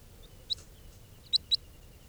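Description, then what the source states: Crossbill calls: three short, sharp notes high in pitch, one near the half-second mark and a quick pair about a second later, over faint steady background hiss. Juvenile crossbill held in captivity after capture.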